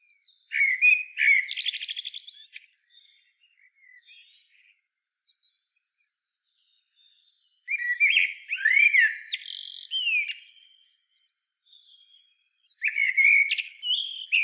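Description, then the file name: Common blackbird delivering slow, rich whistled phrases with high scratchy codas, separated by long silent gaps, three phrases in all. "Turdus merula"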